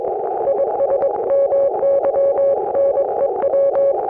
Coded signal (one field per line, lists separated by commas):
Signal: Morse code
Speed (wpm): 22 wpm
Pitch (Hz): 560 Hz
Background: none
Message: IS MY NEW